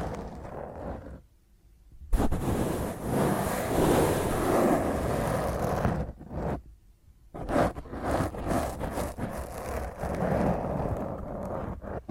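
Rough scratching of fingernails across a microphone, loud and dense, with a rumbling low end. A quieter stretch opens the clip before the scratching surges in near two seconds, then it drops out briefly around six to seven seconds and resumes unevenly to the end.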